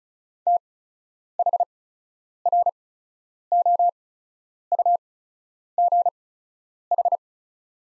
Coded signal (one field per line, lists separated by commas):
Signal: Morse code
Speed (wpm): 36 wpm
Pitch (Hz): 700 Hz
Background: none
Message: THROUGH